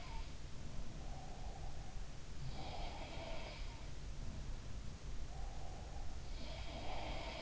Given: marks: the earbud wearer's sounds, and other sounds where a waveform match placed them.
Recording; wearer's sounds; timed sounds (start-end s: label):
sounds in sleep by an in-ear microphone; breath
0.00-0.26 s: sound from someone else or the room
0.87-3.19 s: breath
2.32-3.68 s: sound from someone else or the room
5.19-7.42 s: breath
6.39-7.42 s: sound from someone else or the room